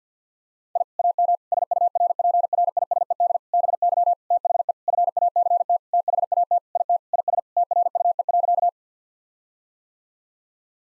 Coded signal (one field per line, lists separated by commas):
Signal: Morse code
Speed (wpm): 50 wpm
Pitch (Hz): 700 Hz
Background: none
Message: I AM SURPRISED BY THE FACT THAT IT IS TRUE.